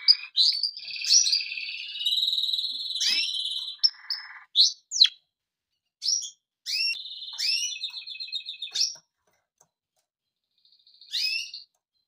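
Canary delivering short bursts of trills and sharp upward-sweeping notes, broken by silent gaps, ending after a pause with one more quick phrase.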